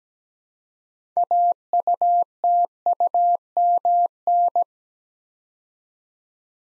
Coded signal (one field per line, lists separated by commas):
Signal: Morse code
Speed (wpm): 17 wpm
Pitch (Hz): 700 Hz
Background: none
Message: AUTUMN